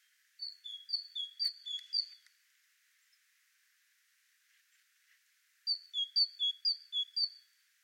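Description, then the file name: Great tit song: clear two-note phrases alternating a high and slightly lower whistle, repeated briskly in two bursts separated by a few seconds of quiet. "Parus major"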